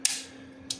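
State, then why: Seated. A polymer Blade-Tech style attachment on a mag caddy or holster is clipped onto a thick range belt, with sharp clicks at 0.1 s and 0.7 s. It locks in place, tight and secure, because the belt's thickness holds it firmly.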